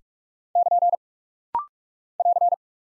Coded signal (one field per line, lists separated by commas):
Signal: Morse code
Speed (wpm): 42 wpm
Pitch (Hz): 700 Hz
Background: none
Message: <KN> <AR>